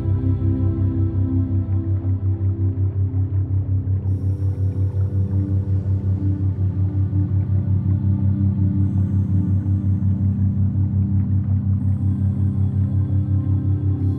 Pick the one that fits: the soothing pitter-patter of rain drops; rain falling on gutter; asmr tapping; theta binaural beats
theta binaural beats